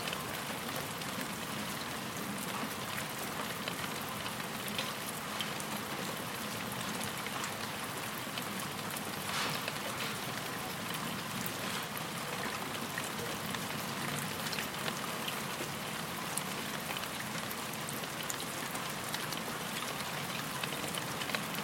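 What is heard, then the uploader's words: Rain falls steadily onto a pond, a dense, even patter of countless small drops that never lets up across the whole stretch. The sound is full, with a faint low rumble underneath and occasional brighter splashes standing out briefly. The soothing lullaby of raindrops falling on a pond. The gentle patter of the year’s first spring shower. Recorded by Daniel Graham.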